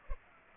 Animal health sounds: mosquito wingbeat signal from an infrared sensor; Culex pipiens

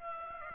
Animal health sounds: mosquito wingbeat signal from an infrared sensor; Aedes aegypti

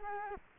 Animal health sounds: mosquito wingbeat signal from an infrared sensor; Culex quinquefasciatus

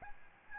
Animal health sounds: mosquito wingbeat signal from an infrared sensor; Aedes albopictus

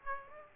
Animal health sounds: mosquito wingbeat signal from an infrared sensor; Aedes aegypti

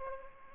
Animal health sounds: mosquito wingbeat signal from an infrared sensor; Aedes aegypti

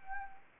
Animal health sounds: mosquito wingbeat signal from an infrared sensor; Anopheles arabiensis

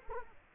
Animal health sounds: mosquito wingbeat signal from an infrared sensor; Culex quinquefasciatus

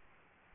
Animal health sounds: mosquito wingbeat signal from an infrared sensor; Aedes aegypti

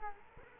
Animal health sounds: mosquito wingbeat signal from an infrared sensor; Culex quinquefasciatus

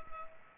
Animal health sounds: mosquito wingbeat signal from an infrared sensor; Culex pipiens

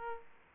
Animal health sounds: mosquito wingbeat signal from an infrared sensor; Aedes aegypti

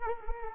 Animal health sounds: mosquito wingbeat signal from an infrared sensor; Culex quinquefasciatus

